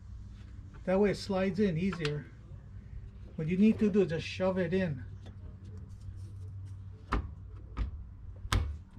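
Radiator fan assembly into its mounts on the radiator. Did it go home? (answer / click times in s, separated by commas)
yes / 7.1 s, 8.5 s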